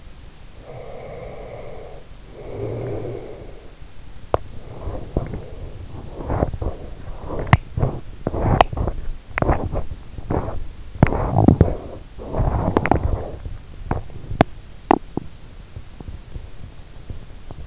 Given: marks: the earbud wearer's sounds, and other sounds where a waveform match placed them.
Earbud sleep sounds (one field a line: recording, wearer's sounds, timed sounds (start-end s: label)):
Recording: sounds in sleep by an in-ear microphone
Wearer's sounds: breath, teeth grinding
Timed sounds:
0.38-3.84 s: breath
3.84-17.67 s: teeth grinding